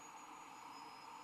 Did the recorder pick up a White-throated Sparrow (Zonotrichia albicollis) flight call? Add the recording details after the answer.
no. No flight call is heard. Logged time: 06:38 on 15 December 2014